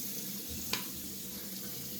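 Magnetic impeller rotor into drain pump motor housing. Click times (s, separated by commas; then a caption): 0.7 s. The magnetic impeller rotor of a Bosch Vario Perfect washing machine drain pump motor is pressed firmly into its plastic housing seat. Over a steady low background hum, a single sharp click sounds at 0.7 s. The rotor is fully seated.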